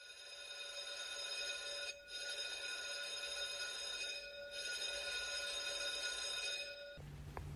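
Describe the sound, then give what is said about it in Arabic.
An electric bell, rung by pressing its button, rings loudly and steadily in three long bursts with two brief breaks, its bright metallic tone cutting off abruptly near the end, leaving only a low hum. “تستطيع أن تضغط على زر الجرس الداني من إصبعك، لكن مع الحذر.”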